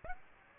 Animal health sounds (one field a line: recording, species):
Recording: mosquito wingbeat signal from an infrared sensor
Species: Aedes aegypti